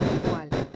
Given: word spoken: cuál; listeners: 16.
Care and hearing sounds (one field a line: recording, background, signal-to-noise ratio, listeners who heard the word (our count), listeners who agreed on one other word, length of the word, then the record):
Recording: one Spanish word in noise, from a listening test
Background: noise modulated by one talker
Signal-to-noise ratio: -7.9 dB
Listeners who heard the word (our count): 3 of 16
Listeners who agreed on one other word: 12 of 16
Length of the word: 0.35 s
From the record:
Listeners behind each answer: 12, 3, 1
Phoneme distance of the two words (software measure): 17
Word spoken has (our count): 1 syllable, 4 phonemes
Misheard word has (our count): 2 syllables, 5 phonemes, stress on syllable 2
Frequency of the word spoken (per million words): 82.56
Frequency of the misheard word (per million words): 215.98